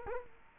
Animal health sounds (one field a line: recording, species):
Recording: mosquito wingbeat signal from an infrared sensor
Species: Culex quinquefasciatus